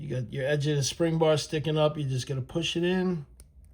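Someone talks while pushing the raised end of a steel spring bar into the lug hole of a G-Shock GW-800 watch to attach the strap, with a few faint ticks in the quiet at the end. Nothing has seated or clicked yet.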